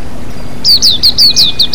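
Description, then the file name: White-eye chirping: about seven high, downward-sweeping notes in a fast, slightly uneven series, with a soft water hiss and low hum beneath. White-eye with flowing water, bird therapy. "terapi air mengalir burung pleci"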